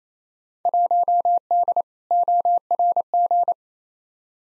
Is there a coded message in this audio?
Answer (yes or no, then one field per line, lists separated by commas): yes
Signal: Morse code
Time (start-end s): 0.7-3.5 s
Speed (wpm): 28 wpm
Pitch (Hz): 700 Hz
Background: none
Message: 1D ORG